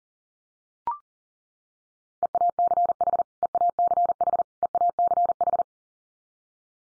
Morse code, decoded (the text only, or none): EACH EACH EACH